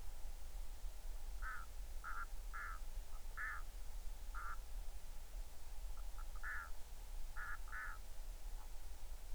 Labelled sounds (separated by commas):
waterfowl